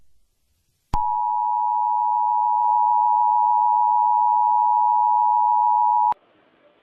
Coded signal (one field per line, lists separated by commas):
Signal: Emergency Alert System (SAME) tones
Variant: 853 and 960 Hz attention tone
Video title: EAS Tornado Warning.